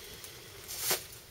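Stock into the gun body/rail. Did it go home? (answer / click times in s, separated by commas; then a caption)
no / none. The adjustable stock of a WE G39C gas airsoft pistol-carbine is handled and moved along the gun body/rail toward its locking position. A soft, brief tick comes early, then a broadband sliding hiss swells from about 0.7 s to a peak near 0.9 s and fades, with a sharp sound just at the end. Nothing has seated or clicked yet.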